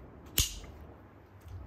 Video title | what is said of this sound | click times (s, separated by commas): 【GRANITE TACTICAL GEAR】TACTICAL HIP ZIP Made in USA 米軍採用基準のタフなヒップパック | 扣上釦子的聲音是不一樣的。 | 0.4 s